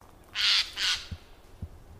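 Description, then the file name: Eurasian jay giving two harsh, rasping screeches in quick succession, followed by a couple of faint low thumps. "Garrulus glandarius"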